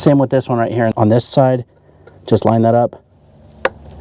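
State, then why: Seated. A plastic wiring harness clip on a 2003–2007 Honda Accord, during a VTEC solenoid gasket and filter screen oil leak repair, is lined up and pressed into its mounting hole on the engine while someone talks. After the talking stops, a loud sharp snap is heard at 3.6 s as the clip seats in place, followed by a faint tick shortly after.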